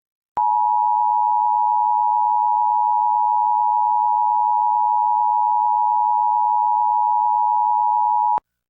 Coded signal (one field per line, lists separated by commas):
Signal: Emergency Alert System (SAME) tones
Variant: 853 and 960 Hz attention tone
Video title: EAS #1093-1094: NWR and EAS Child Abduction Emergencies- July 10, 2025- 6:40PM PDT